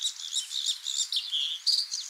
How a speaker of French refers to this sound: On a aussi les gorges bleues, qui, eux, ont bien cette fois-ci la gorge bleue.